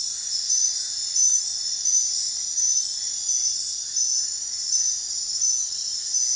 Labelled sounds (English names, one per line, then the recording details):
none
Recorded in dense forest near Puerto Asís, Putumayo, Colombia, on 9 March 2025 at 01:00
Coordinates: 0.503, -76.323
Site GP09